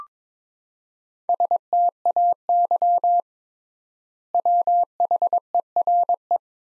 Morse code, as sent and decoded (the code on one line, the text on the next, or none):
... - .- -.-- / .-- .... . .-. .
STAY WHERE